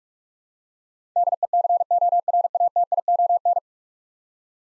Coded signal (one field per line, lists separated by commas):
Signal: Morse code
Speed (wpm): 46 wpm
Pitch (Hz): 700 Hz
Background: none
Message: DECORATION